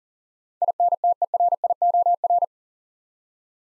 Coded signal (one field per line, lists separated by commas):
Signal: Morse code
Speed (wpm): 40 wpm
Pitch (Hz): 700 Hz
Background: none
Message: INTERIOR